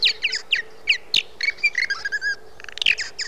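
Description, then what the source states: Purple martin giving a jumble of gurgling, chirping notes. Recorded at Mitchell Lake.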